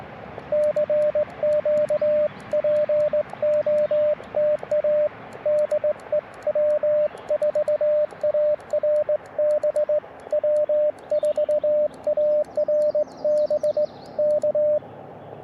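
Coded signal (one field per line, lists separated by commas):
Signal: Morse code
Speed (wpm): 19 wpm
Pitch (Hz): 600 Hz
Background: radio noise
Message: CQ POTA DE W4ARB W4ARB K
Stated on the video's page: QRP Parks on the Air activation in Tuskegee National Forest, sent with a cootie key from an Elecraft KX2 into a mil whip with loading coil, including a contact with Australia.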